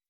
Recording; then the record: hydrophone in a shrimp aquaculture tank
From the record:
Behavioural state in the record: weakened